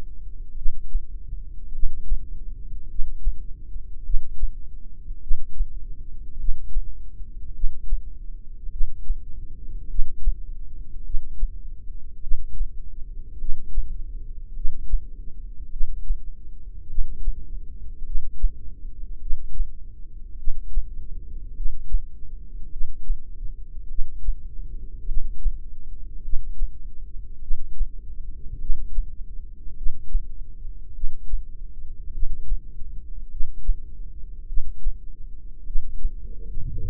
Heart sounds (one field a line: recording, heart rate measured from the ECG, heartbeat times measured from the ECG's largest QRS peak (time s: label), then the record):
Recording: heart sounds by microphone in the left ear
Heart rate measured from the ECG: 51 bpm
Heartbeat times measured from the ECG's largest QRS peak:
0.56 s: heartbeat
1.73 s: heartbeat
2.89 s: heartbeat
4.05 s: heartbeat
5.22 s: heartbeat
6.38 s: heartbeat
7.54 s: heartbeat
8.71 s: heartbeat
9.89 s: heartbeat
11.04 s: heartbeat
12.22 s: heartbeat
13.39 s: heartbeat
14.55 s: heartbeat
15.71 s: heartbeat
16.89 s: heartbeat
18.05 s: heartbeat
19.21 s: heartbeat
20.38 s: heartbeat
21.55 s: heartbeat
22.71 s: heartbeat
23.89 s: heartbeat
25.07 s: heartbeat
26.23 s: heartbeat
27.42 s: heartbeat
28.60 s: heartbeat
29.76 s: heartbeat
30.94 s: heartbeat
32.13 s: heartbeat
33.30 s: heartbeat
34.48 s: heartbeat
35.66 s: heartbeat
36.84 s: heartbeat
From the record:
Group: heart failure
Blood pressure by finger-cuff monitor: 98/52 mmHg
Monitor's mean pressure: 67 mmHg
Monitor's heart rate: 51 bpm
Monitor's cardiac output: 4.6 L/min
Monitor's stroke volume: 89 mL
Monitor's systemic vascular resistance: 1060 dyn s/cm5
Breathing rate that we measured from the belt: 16 breaths a minute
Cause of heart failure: cardiac sarcoid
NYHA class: 1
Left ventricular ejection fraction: 39%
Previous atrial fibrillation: present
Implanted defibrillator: present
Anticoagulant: apixaban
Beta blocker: carvedilol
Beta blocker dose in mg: 50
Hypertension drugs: ramipril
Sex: male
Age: 79 years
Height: 184 cm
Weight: 92.5 kg